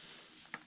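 Someone presses the stiff, hard-to-release latch on the battery pack of a Saker cordless buffer polisher, and a small, sharp click is heard at 0.5 s over a steady background hiss. The latch clicks only a little, and the battery pack stays in the polisher.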